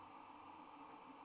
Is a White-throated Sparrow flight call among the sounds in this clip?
no